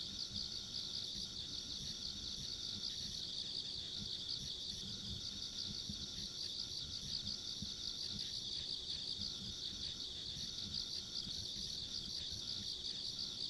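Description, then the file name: Insects trilling continuously in a dense high-pitched chorus, evenly pulsing throughout, over a soft low rumble. Ambient insect sounds recorded along a country road. "田舎道の虫の環境音"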